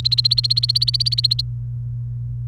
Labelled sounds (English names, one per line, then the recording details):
Domestic Canary song
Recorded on 29 April 2018 at 12:46
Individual llb3